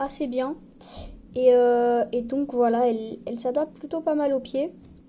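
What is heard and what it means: A handmade flame effect piece for a diorama, slightly opaque and whitish from overheating, is held against the foot of a Sanji figure to check that it fits. Someone talks throughout, with no distinct sharp sounds. The piece has not seated or clicked into place yet.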